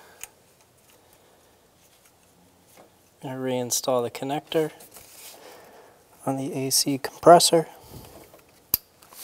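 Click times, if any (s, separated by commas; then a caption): 8.7 s. An electrical connector is pushed back onto the A/C compressor of a 2000-2006 Toyota Tundra 4.7L V8 during a timing belt kit and water pump replacement. Someone talks, then a single sharp, loud click is heard at 8.7 s as the connector seats into its socket.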